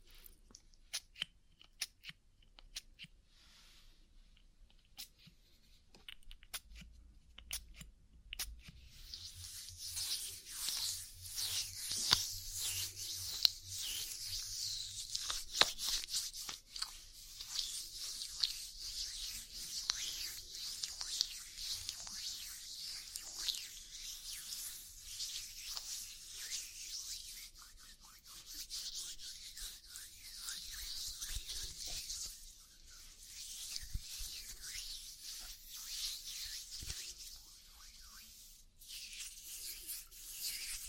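An oil ear massage: soft scattered clicks for about nine seconds, then steady, dense, bright squishing and rubbing that continues with small swells to the end.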